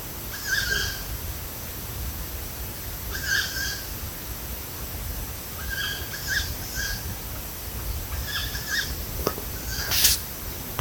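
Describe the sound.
Bird calls: short chirps repeated every few seconds over steady low background noise.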